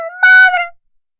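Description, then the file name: Cat meowing once, a single drawn-out tonal meow that swells and then fades, with silence afterwards. "don gato"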